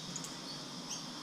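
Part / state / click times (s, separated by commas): rubber dust seal onto the motorcycle front fork slider / not seated / none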